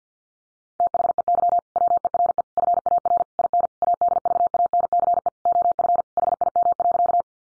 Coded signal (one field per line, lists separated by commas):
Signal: Morse code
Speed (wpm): 50 wpm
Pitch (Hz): 700 Hz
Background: none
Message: THEY WERE FAR IN ADVANCE OF HIM.